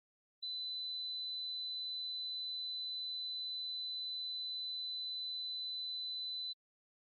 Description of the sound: Tonal Tinnitus. 4KHz.